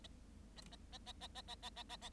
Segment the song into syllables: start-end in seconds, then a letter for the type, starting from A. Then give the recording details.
0.56-0.61 A, 0.71-0.76 A, 0.92-0.98 A, 1.06-1.12 A, 1.20-1.27 A, 1.34-1.42 A, 1.48-1.55 A, 1.62-1.70 A, 1.76-1.83 A, 1.89-1.96 A, 2.01-2.09 A. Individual Bird7